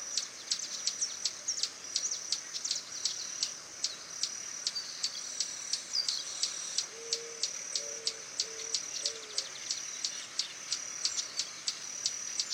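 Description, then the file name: Swallow-tailed hummingbird chipping rapidly with high, sharp notes, some doubled, over a shrill steady background; soft low short tones appear midway. "Canto do beija flor tesoura"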